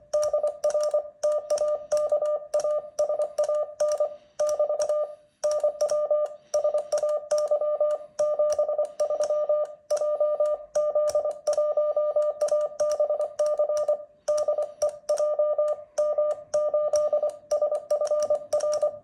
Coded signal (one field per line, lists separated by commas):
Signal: Morse code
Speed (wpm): 24 wpm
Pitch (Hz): 600 Hz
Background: none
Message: DR TAKASAN <BT> NW SAY 73 JZ1ABC DE JM8SFR